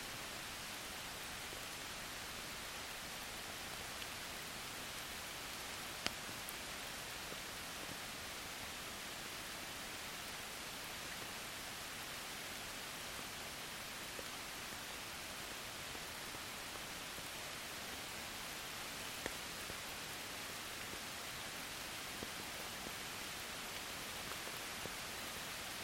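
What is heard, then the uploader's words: Soft rain falls in a steady, dense hiss that stays even from start to finish, bright and airy with little low weight. A few faint drips tick, one slightly louder around six seconds and another near nineteen seconds. Original recording was clipped but since it was recorded in 32 bit I was able to recover the lost dynamics and add compression in post.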